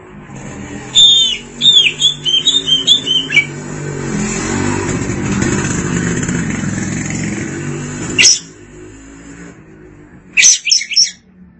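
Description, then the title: Oriental magpie-robin song, a quick run of clear whistled slurred notes, then heavy rumbling noise covers the recording before a short sharp note and a final whistled burst. "Suara Kicauan Burung Kacer Durasi Panjang"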